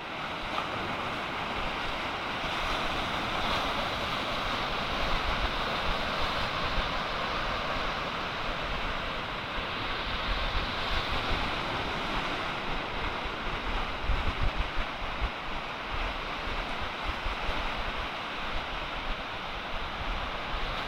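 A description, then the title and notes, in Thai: Sea sounds at Ko Lanta, Krabi: a dense, steady wash of surf fills the whole clip with a constant hiss and low rumble. Small swells and gusty low buffeting, like wind on the microphone, come and go, without distinct separate wave crashes. เสียงทะเล เกาะลันตา กระบี่.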